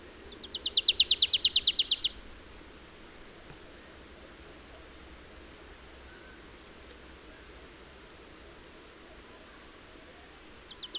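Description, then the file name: Marsh tit call: a fast, even run of sharp high chips lasting about one and a half seconds, followed by a long silence and the start of another run. "Poecile palustris"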